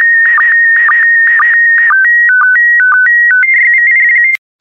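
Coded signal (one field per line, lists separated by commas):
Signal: SSTV (slow-scan television)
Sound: a pure warbling tone hopping between two pitches with short low blips, then ending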